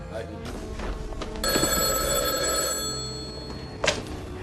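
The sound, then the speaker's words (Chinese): A telephone bell rings in a room with a sustained, bright metallic trill lasting a couple of seconds, starting abruptly and ringing at steady loudness before fading, followed by a brief thump; in a dubbed film scene, Mills hears it and searches for the phone. “这时，米尔斯突然听到房间里有电话铃声响起，他便开始到处寻找声音的来源。”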